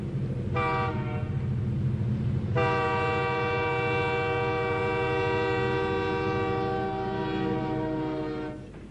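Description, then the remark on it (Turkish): A train rumbles past with a steady low roar, its horn sounding in two long sustained blasts, a short one followed by a much longer one, before the noise begins to fade. “Seni buraya getiren trenlerden biri daha geçti.”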